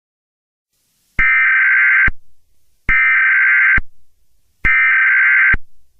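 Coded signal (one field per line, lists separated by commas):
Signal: Emergency Alert System (SAME) tones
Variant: header bursts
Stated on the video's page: Fictional mini EAS scenario using valid EAS tones, simulated.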